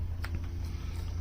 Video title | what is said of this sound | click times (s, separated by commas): Ozark Trails $5 EDC is it worth it? - Everyday Corbin | you hear it click you know you're locked in it ain't coming out | 0.2 s